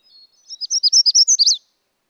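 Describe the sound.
Magnolia warbler singing a brief, high warbled phrase of rapid slurred notes, rising in emphasis toward an accented ending; a faint thin note precedes it.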